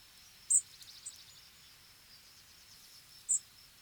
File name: Erithacus rubecula